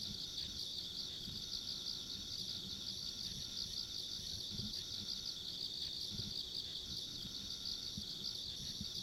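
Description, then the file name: Insects trilling together in an unbroken high buzz, overlaid by a fainter piercing tone, with low rumbling noise below. Ambient insect sounds along a country road. "田舎道の虫の環境音"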